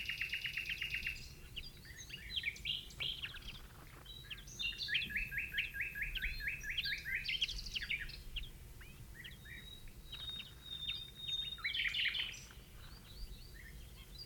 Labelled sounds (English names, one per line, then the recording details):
Rock Bunting call
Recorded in the wild
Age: adult, juv
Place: Melnik, Blagoewgrad, BG
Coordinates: 41.525, 23.392
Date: 1974-05-24
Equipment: Nagra III BH, Sennheiser MD 21, parabola
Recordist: Schubert, Michael